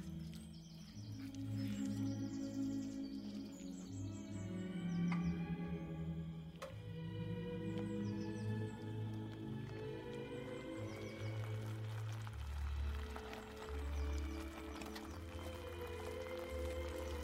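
Old-time music plays steadily throughout, with a warm, full low end and sustained tones that shift every second or so. Over it come scattered kitchen clicks and clinks, including sharper knocks near five and seven seconds, plus faint high chirping accents.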